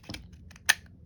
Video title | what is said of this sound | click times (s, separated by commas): Zebco Sling Shot -- Service and Lubrication -- Young Martin's Reels | There we go. Slide it in, it pops into place. | 0.7 s